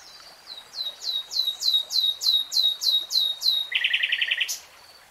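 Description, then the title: Nightingale song: a steady series of loud descending whistled notes, then a fast buzzy throbbing rattle. Nightingale singing in real time. "[Tiếng chim hót] 3 Hours REALTIME Nightingale Singing"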